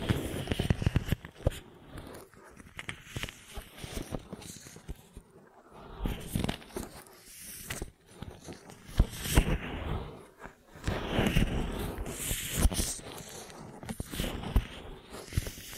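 An ear massage made of rubbing, scratching and crackling against the microphone, dense and irregular, full of sharp rustling bursts. The texture swells and thins in waves, with brief quieter dips near the sixth and eighth seconds before the friction builds again.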